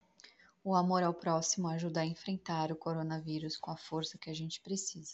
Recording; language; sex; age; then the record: spoken sentence; Brazilian Portuguese; female; 40 to 49 years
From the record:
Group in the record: control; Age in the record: 40 years